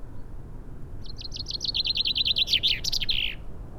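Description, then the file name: Common chaffinch song: a rapid series of bright descending notes that ends in a flourish, with low background noise. "Fringilla coelebs"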